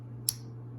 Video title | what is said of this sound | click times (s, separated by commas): Rosecraft Oconee River Kayak blue resin and wood slip joint pocket knife @leftyedc and mail call | as you can hear it clicks well | 0.3 s